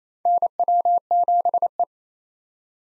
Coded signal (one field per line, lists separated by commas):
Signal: Morse code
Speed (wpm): 28 wpm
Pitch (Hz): 700 Hz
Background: none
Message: NW7E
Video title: 2023 SOTA Chaser Call Signs - 28wpm